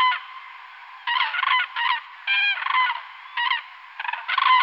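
Crane calls, a series of harsh, honking bursts with rich overtones, repeated in short groups with brief pauses between them over a steady background hiss.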